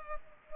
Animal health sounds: mosquito wingbeat signal from an infrared sensor; Culex pipiens

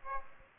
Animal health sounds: mosquito wingbeat signal from an infrared sensor; Aedes aegypti

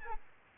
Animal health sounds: mosquito wingbeat signal from an infrared sensor; Aedes albopictus

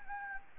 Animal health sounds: mosquito wingbeat signal from an infrared sensor; Anopheles gambiae

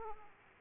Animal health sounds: mosquito wingbeat signal from an infrared sensor; Aedes aegypti

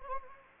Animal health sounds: mosquito wingbeat signal from an infrared sensor; Anopheles arabiensis

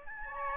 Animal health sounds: mosquito wingbeat signal from an infrared sensor; Aedes albopictus

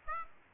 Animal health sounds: mosquito wingbeat signal from an infrared sensor; Aedes aegypti

